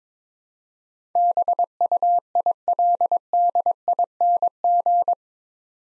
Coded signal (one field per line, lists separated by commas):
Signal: Morse code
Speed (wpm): 22 wpm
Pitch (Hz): 700 Hz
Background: none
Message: BUILDING